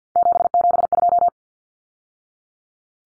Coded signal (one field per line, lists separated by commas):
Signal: Morse code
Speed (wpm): 50 wpm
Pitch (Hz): 700 Hz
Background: none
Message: 772